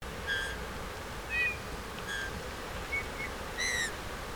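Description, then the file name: Eurasian bullfinch giving several soft, brief piping notes spaced over four seconds, faint against a steady background hiss. "Pyrrhula pyrrhula"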